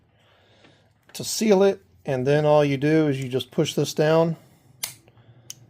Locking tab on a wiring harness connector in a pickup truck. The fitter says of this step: hear the click, and it's in there.